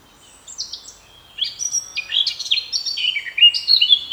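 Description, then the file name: Eurasian blackcap song, a fast rich warble of varied whistled and chattering notes, starting thin and high, then a louder flowing run of fluty phrases. "Sylvia atricapilla"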